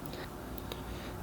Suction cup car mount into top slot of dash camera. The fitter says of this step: push until it clicks into place